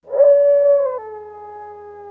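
Dog howling: one long, steady, tonal note with clear harmonics, which drops abruptly to a lower pitch halfway through and holds there until the end.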